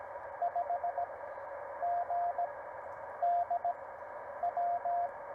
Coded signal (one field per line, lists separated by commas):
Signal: Morse code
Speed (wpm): 16 wpm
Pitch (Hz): 700 Hz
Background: radio noise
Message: 5 G D W